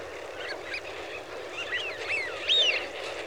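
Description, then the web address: Eurasian wigeon whistles, several swooping calls that grow louder toward the end. Flock. "BBC Sound Effects Library. Wigeon (Anas Penelope)"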